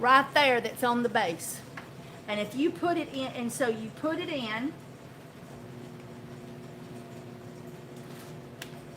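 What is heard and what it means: A plastic blending shaft is pushed about a quarter inch into the motor base of a KitchenAid stick blender used for making soap, then twisted until it locks. Someone talks for the first few seconds, followed by a quiet stretch, then a single sharp click at 8.6 s as the shaft locks into the base.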